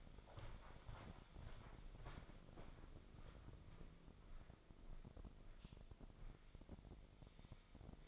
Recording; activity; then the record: daily activity, microphone in the room; walk to room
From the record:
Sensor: 5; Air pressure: 995.6 hPa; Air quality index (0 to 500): 105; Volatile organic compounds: 7 ppm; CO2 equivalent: 2039 ppm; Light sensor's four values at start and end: 37/88/36/37 and 38/93/37/38